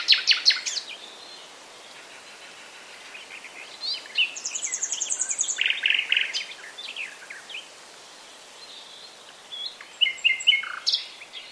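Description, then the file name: Common nightingale song, loud phrases including a fast high rattle and a run of quick repeated notes, separated by quieter gaps. "Luscinia megarhynchos"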